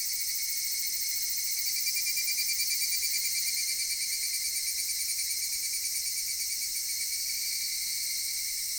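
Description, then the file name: Cicadas droning steadily, with a rhythmic throbbing pulse rising and falling in the buzz through the middle. Cicadas recorded in Japan. "Cigales nippon"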